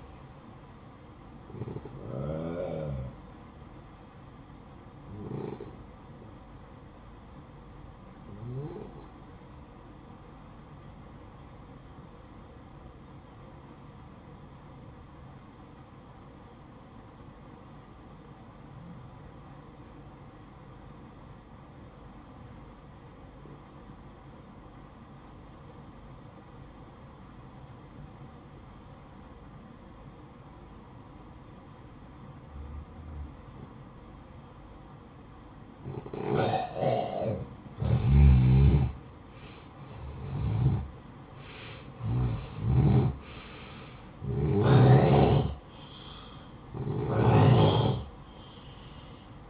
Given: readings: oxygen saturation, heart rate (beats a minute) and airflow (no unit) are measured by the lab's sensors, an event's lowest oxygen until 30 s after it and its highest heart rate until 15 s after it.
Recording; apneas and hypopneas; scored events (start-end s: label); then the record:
breathing in sleep by a smartphone at the bedside; 1
12.00-38.40 s: obstructive apnea (N1, oxygen 94% highest, then 86% lowest, heart rate 55 at the start, 66 highest)
18.00-48.00 s: new sleep stage, N2 (light sleep)
48.00-49.50 s: new sleep stage, N1 (lightest sleep)
From the record:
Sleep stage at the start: N1 (lightest sleep); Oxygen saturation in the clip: 86 to 94%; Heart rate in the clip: 52 to 69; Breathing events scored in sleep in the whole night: 573 in 9.8 hours asleep